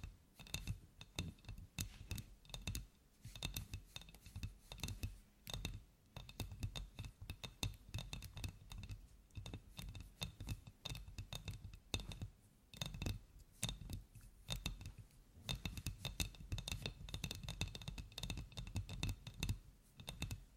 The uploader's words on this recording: ASMR Tapping For Sleep and Endless Tingles (No Talking).